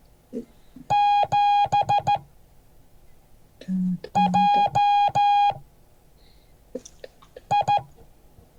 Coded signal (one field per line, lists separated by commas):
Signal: Morse code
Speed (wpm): 13 wpm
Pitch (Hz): 820 Hz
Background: none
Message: 7JI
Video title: Morse code class 2023-01-09